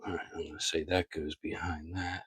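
A plastic build-a-figure wing piece is handled near its socket on an action figure's body while someone talks throughout. No click or snap is heard, and nothing has seated or clicked yet.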